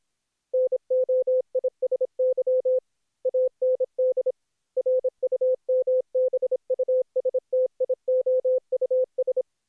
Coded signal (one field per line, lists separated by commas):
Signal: Morse code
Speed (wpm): 27 wpm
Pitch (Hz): 510 Hz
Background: none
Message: NOISY AND RUMBUSTIOUS